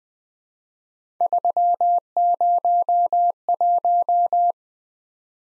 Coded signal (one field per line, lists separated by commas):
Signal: Morse code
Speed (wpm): 20 wpm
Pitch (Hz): 700 Hz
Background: none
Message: 301